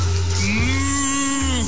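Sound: cows mooing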